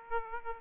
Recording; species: mosquito wingbeat signal from an infrared sensor; Aedes aegypti